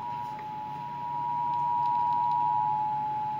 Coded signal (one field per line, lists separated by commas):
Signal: Emergency Alert System (SAME) tones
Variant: 853 and 960 Hz attention tone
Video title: Florida Statewide Child Abduction Emergency ON TV! (EAS #225)